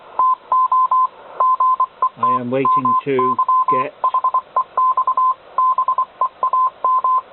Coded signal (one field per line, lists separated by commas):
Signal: Morse code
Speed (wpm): 25 wpm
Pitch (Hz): 1030 Hz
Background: none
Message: TO GET MY HEX BEAM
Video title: Morse Code Decoding